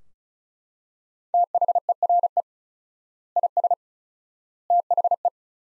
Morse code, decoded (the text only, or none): THERE IS THE